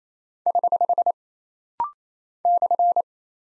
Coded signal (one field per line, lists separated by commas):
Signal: Morse code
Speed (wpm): 27 wpm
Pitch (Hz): 700 Hz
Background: none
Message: <HH> /